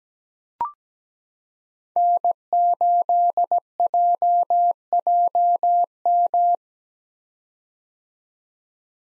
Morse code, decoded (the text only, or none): N8JJM